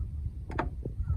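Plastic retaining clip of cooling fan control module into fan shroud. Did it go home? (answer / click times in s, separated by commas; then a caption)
yes / 0.6 s. The second plastic retaining clip, on the opposite side of the replacement cooling fan control module of a 2011-2016 Range Rover Evoque, is pressed into the fan shroud. A short snap at 0.5 s is followed by a sharp, louder click at 0.6 s and a faint tick at 0.9 s over a low rumble. The clip seats in place at 0.6 s.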